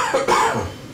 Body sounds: coughing mixed with background sound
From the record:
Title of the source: Spring Cold Coughing 2

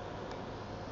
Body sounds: background sound without coughing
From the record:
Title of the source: wind

